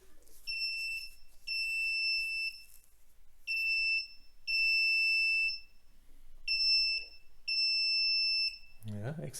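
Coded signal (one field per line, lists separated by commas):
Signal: none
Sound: buzzer test beeps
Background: speech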